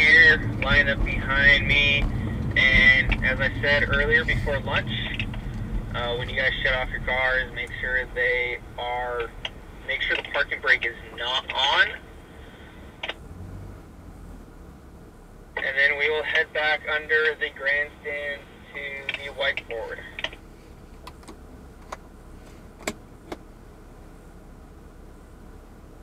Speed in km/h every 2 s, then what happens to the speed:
26, 21, 13, 5, 2, 0, 0, 0, 0, 0, 0, 0, 0.
0-8 slows to 2. 8-26 standing.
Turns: none.